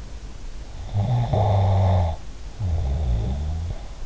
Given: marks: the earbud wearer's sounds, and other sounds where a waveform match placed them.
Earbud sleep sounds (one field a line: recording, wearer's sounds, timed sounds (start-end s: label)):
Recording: sounds in sleep by an in-ear microphone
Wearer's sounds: snoring breath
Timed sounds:
0.83-3.93 s: snoring breath